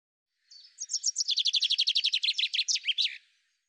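Common chaffinch song: a brisk run of many quick repeated notes lasting under three seconds.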